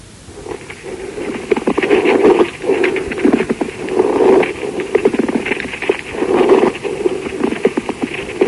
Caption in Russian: Шум трения плевры возникает при наличии неровности, шероховатости плевральных листков и сохраненной их подвижности друг относительно друга. Шум трения плевры представляет собой прерывистый звук непостоянной интенсивности. Он выслушивается в обе фазы дыхания, изменяется при надавливании фонендоскопом на грудную клетку, а при покашливании не изменяется. Прослушайте шум трения плевры.